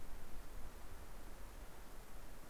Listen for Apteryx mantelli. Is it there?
no